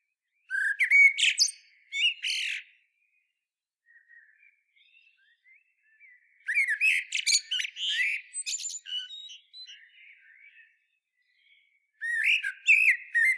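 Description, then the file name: Common blackbird song: three phrases of low fluted whistles and high squeaky twitters, with soft faint warbling in the pauses. "Turdus merula"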